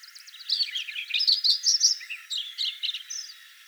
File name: Lincolns Sparrow a minute and a half of singing